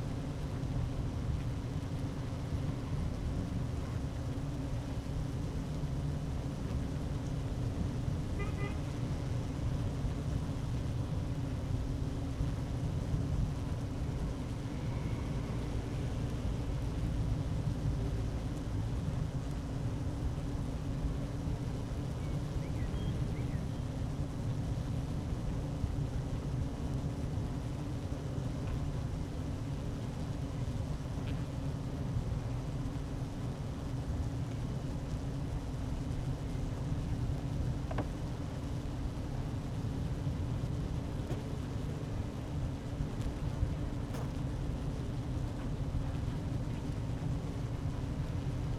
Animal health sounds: honeybee colony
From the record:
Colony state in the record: active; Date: 12 June 2018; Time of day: 11:58

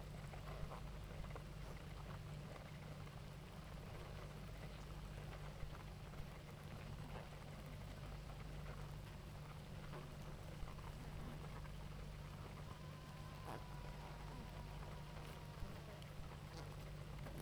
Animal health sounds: honeybee colony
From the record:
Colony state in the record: active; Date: 28 July 2017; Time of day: 18:50

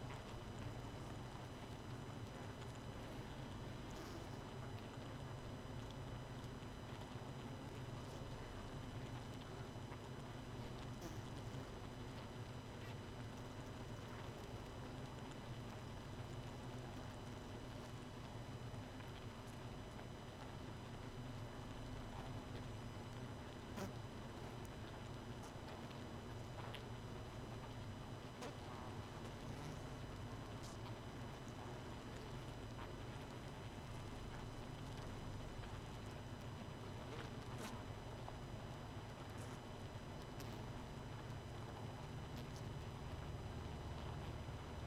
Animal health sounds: honeybee colony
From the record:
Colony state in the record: missing queen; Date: 31 May 2018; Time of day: 23:03

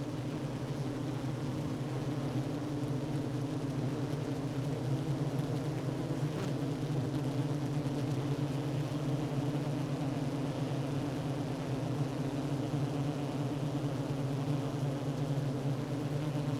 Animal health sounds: honeybee colony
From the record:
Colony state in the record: active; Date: 12 June 2018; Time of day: 10:35

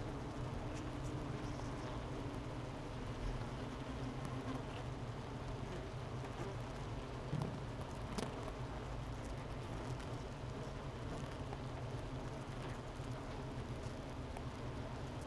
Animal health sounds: honeybee colony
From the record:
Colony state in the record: missing queen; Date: 31 May 2018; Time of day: 11:25

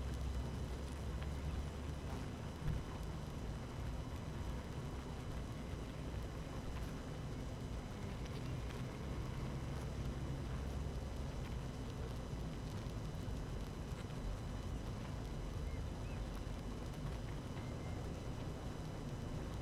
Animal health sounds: honeybee colony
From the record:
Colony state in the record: active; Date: 12 June 2018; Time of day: 17:39

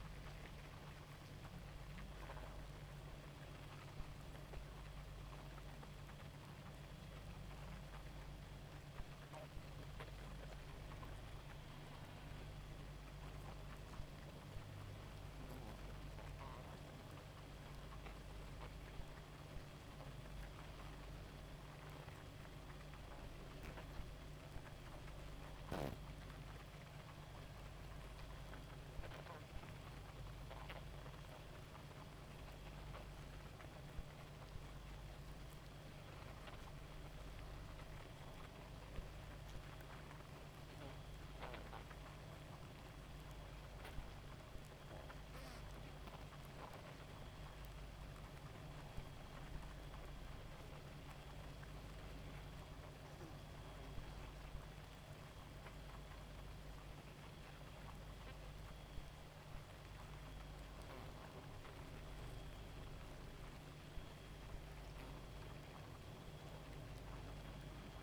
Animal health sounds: honeybee colony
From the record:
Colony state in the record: active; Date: 28 July 2017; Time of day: 1:03

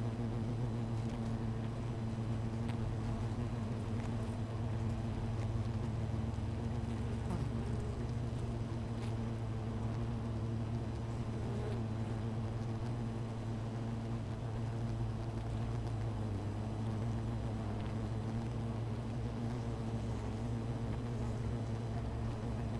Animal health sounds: honeybee colony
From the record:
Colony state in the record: missing queen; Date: 14 July 2017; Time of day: 16:16

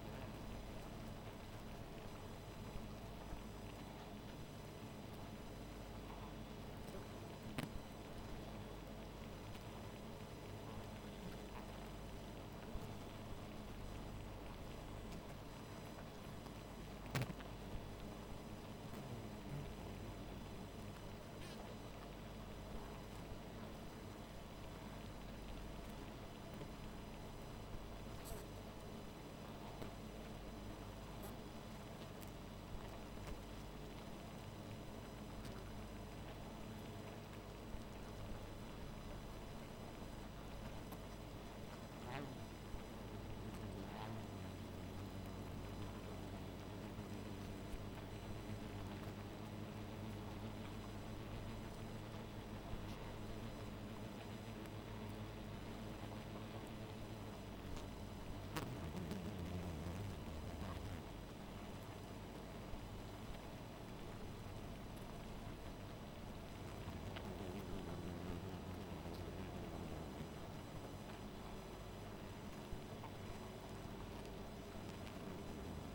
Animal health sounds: honeybee colony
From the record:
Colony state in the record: missing queen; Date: 14 July 2017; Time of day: 1:11

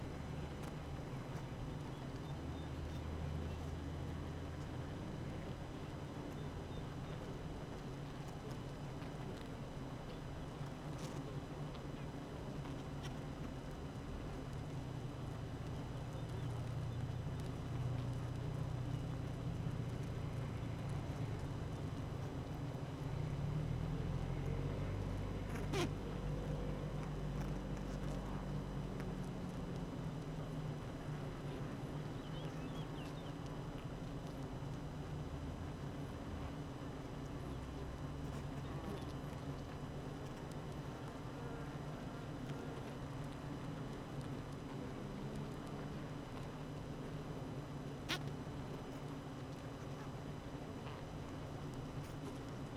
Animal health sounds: honeybee colony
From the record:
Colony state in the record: active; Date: 12 June 2018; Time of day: 8:10

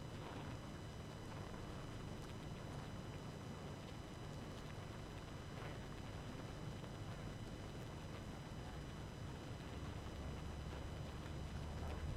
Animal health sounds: honeybee colony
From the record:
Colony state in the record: active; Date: 12 June 2018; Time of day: 22:47

